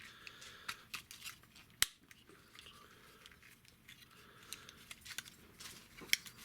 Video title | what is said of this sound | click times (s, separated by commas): Transformers review Titans return Galvatron | so they just rotate down like this. They lock into place. | 1.8 s, 6.1 s